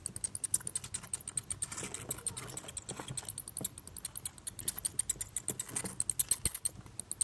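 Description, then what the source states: Bat chirping as a steady stream of sharp, high clicks, fast and uneven throughout, with a few soft low knocks underneath. Chirps recorded close up.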